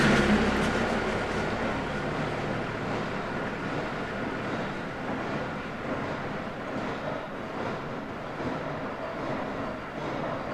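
Distant machinery from demolition work fills the scene with a dense, steady roar that barely changes over the eleven seconds. A deeper rumble is heavier in the first second or so, then eases, while a thin, high whine hangs faintly over the constant noise.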